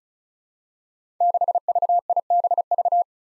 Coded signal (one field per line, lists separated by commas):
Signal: Morse code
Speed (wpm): 36 wpm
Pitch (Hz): 700 Hz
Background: none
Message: 6VIBV